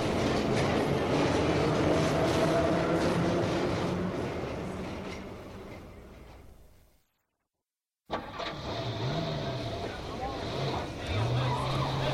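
A car engine rumbles steadily amid traffic, fading away into a second of silence before engine noise returns, with revs rising and falling as vehicles pass.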